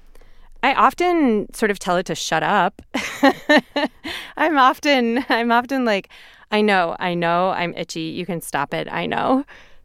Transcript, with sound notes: I often sort of tell it to shut up (laughter). I'm often like, I know. I know I'm itchy. You can stop it, I know.